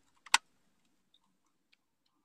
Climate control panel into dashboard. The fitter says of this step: Góra nam już zaskoczyła